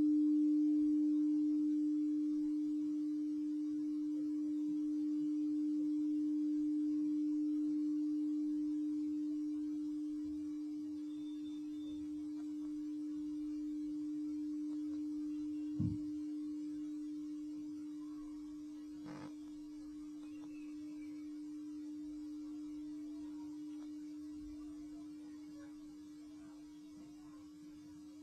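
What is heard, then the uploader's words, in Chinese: A singing bowl rings on one steady, pure tone for the whole stretch, its volume swelling and ebbing slowly as the rim is circled. Brief knocks cut in near sixteen and nineteen seconds, and the hum thins slightly toward the end. 颂钵（敲击、反转、正转）。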